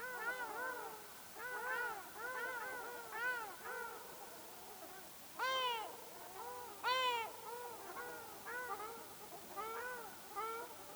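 Ruddy shelduck calls: nasal, arched honking notes in quick doubled and tripled bursts, several birds overlapping, with two louder drawn-out honks near the middle.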